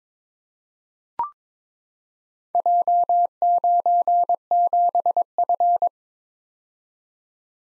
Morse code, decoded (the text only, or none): J97F